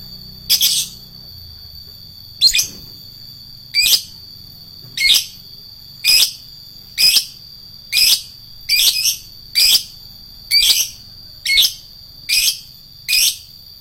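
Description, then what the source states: Lovebird repeating piercing chirps about once a second, with a steady high whine underneath. Adult lovebird, described as a fighter type.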